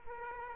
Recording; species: mosquito wingbeat signal from an infrared sensor; Aedes aegypti